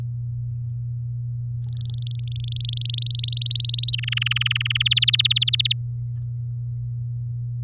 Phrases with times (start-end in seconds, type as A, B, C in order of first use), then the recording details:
1.64-3.08 A, 3.10-3.96 B, 3.98-4.83 C, 4.85-5.73 D. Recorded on 7 May 2018 at 16:02. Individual llb16